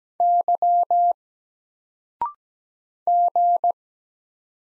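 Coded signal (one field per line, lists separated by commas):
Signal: Morse code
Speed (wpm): 17 wpm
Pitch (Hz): 700 Hz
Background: none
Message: Y G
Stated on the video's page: Morse single letters sent at 17 wpm with a 0.6-second pause before each spoken answer, each letter sent before and after, as a drill for instant character recognition.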